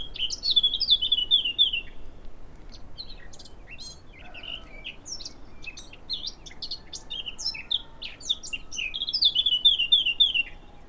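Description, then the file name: Eurasian blackcap song opening with a quick run of repeated slurred notes, then varied chattering warbles, and closing with another fluty repeated series. "Sylvia atricapilla"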